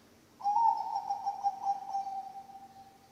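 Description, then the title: Zebra dove giving a single rolling coo that starts with a quick lift, then vibrates steadily for over two seconds before gently fading. Bangkok-type zebra dove (perkutut) song, played for training other birds (masteran) and for luring (pancingan). "mster Mnuk. SUARA OCEHAN BURUNG PERKUTUT BANGKOK Untuk MASTERAN dan PANCINGAN"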